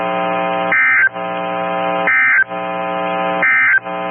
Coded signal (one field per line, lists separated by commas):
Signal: Emergency Alert System (SAME) tones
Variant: end-of-message bursts